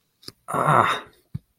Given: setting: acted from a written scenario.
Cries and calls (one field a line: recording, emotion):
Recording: vocal sound without words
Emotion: pain